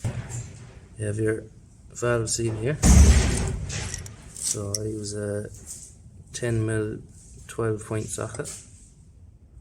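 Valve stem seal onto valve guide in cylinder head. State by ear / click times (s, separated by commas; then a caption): not seated / none. Someone talks while handling a valve stem seal that is about to be pressed onto a valve guide in a 1.9 TDI cylinder head with a 10 mm 12-point socket. A brief broadband rustle near 3 s is followed by short, sharp ticks at about 3.9, 4.1 and 4.4 s. Nothing has seated or clicked into place yet.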